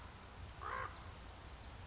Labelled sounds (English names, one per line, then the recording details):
Common Raven
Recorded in Sonoma County, California